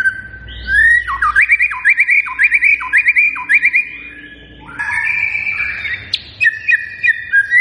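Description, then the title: White-rumped shama giving whistled phrases broken by sharp, repeated downward-flicked notes about twice a second, ending in clear ringing whistles. Lure song of vigorously singing birds, meant to make other birds respond. "PANCINGAN MURAI BATU GACOR, LANGSUNG RESPON"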